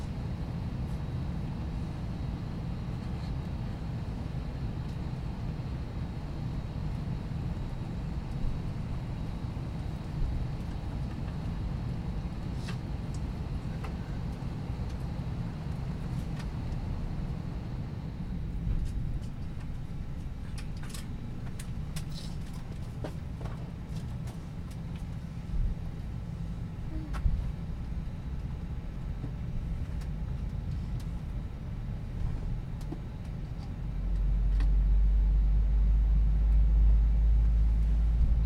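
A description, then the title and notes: A steady low roar of a plane in flight fills the whole clip, dense and constant with a faint higher whine above it. After about 18 seconds scattered clicks and small knocks appear, and near 34 seconds the low rumble swells louder. Full Flight From Ft.Lauderdale To San Juan, Puerto Rico. Ambient Sounds, Talking Sounds, White Noise, Plane Sounds, Flight Sounds, Flight Announcements, Chatting, Engine Sounds, Mechanical Sounds.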